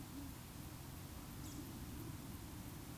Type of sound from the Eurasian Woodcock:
whistle